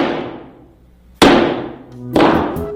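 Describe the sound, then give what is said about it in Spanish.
Hard strikes of a hammer against an iPhone screen fitted with a Buff Screen shock-resistant protector film: three sharp, loud knocks, each with a bright clack and a ringing tail that slowly fades, spaced about a second apart. “Golpean el iPhone con una taza, un martillo y un ladrillo sin dañar la pantalla gracias al film super resistente.”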